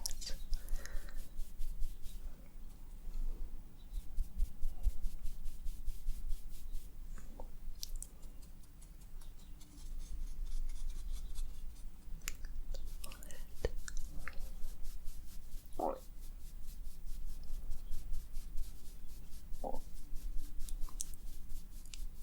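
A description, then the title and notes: Makeup roleplay sounds: continuous layered rubbing and brushing, dotted with quick, crisp taps and clicks throughout. A steady low rumble runs underneath, and brief soft voice-like sounds surface around sixteen and twenty seconds. ASMR Doing Your Makeup Roleplay up close personal attention, layered sounds + tapping.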